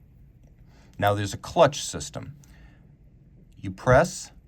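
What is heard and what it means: Someone talks while handling the crown of a steel Vulcain Cricket Tradition "Vulcain Salute" limited-edition mechanical alarm watch, whose crown is pressed through its clutch system toward two stops, its detent positions in the watch case, to set the alarm. Speech comes in short bursts with quiet handling between them. The crown has not clicked into its set position yet; nothing has seated by the end of the clip.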